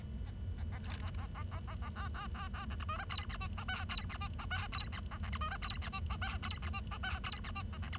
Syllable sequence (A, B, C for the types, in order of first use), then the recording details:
A A A A A A A A A A A A A B C D E F G H I J F G H I J F G A K C D E F G H I J F G H I J F G H A K C. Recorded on 23 June 2012 at 10:56. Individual gr41rd51